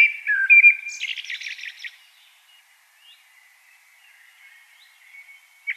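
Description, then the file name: Common blackbird song: a low fluted warble sliding down, then a squeaky high twitter, followed by near silence with faint notes. "Turdus merula"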